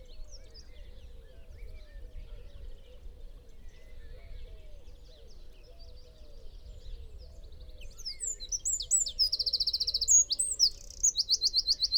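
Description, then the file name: Eurasian wren song bursts in after about eight seconds, a sudden loud run of shrill, fast trills and staccato high notes to the end, over soft, low repeated notes and quiet rumble. "Troglodytes troglodytes"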